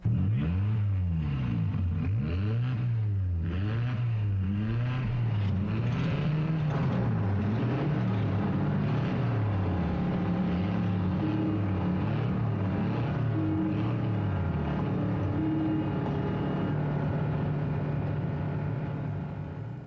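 Motorcycle engines rev over and over as part of a song, their droning pitch swooping up and down in quick waves before settling into a steadier, layered roar that stays loud throughout, with no voices.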